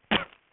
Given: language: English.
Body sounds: throat vibration sensor signal played as sound; cough

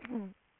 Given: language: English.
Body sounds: throat vibration sensor signal played as sound; throat clearing

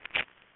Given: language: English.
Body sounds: throat vibration sensor signal played as sound; swallow

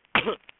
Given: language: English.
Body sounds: throat vibration sensor signal played as sound; cough

